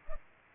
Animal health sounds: mosquito wingbeat signal from an infrared sensor; Culex pipiens

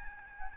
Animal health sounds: mosquito wingbeat signal from an infrared sensor; Aedes albopictus

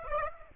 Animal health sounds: mosquito wingbeat signal from an infrared sensor; Aedes aegypti

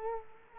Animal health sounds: mosquito wingbeat signal from an infrared sensor; Culex quinquefasciatus

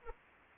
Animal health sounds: mosquito wingbeat signal from an infrared sensor; Anopheles arabiensis

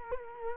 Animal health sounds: mosquito wingbeat signal from an infrared sensor; Culex quinquefasciatus

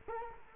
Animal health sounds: mosquito wingbeat signal from an infrared sensor; Culex quinquefasciatus

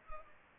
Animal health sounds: mosquito wingbeat signal from an infrared sensor; Culex pipiens

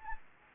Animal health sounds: mosquito wingbeat signal from an infrared sensor; Anopheles gambiae

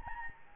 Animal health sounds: mosquito wingbeat signal from an infrared sensor; Anopheles gambiae

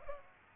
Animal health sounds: mosquito wingbeat signal from an infrared sensor; Aedes aegypti

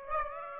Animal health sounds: mosquito wingbeat signal from an infrared sensor; Aedes aegypti

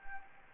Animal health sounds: mosquito wingbeat signal from an infrared sensor; Anopheles gambiae

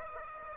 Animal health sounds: mosquito wingbeat signal from an infrared sensor; Aedes aegypti

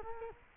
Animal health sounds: mosquito wingbeat signal from an infrared sensor; Culex quinquefasciatus

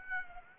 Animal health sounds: mosquito wingbeat signal from an infrared sensor; Aedes aegypti

